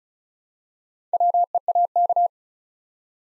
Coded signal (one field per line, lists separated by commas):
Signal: Morse code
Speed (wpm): 36 wpm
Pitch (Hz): 700 Hz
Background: none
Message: WEAK